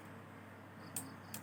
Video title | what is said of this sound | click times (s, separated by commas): รีวิว Tenda N300 4G LTE /สัญญาณเน็ตมาไม่ถึงบ้าน ก็มีเน็ตใช้ | ทำเสร็จเรียบร้อยนะครับจะมีเสียงแก๊กๆนะเท่านี้เองเราก็ | 1.0 s, 1.3 s